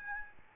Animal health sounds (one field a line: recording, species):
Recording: mosquito wingbeat signal from an infrared sensor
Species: Aedes albopictus